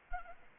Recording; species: mosquito wingbeat signal from an infrared sensor; Anopheles arabiensis